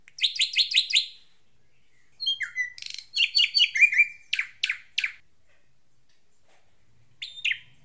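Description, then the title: Drongo song: a burst of buzzy chattering, then twangy whistles, scratchy harsh notes and three sharp calls, with one last squeaky phrase after a long silence. "Suara Srigunting Di Download Dari Hobiburung"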